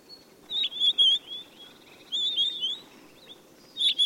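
Bird calls: high, thin, wavering chirped phrases in three short bursts, over soft background noise.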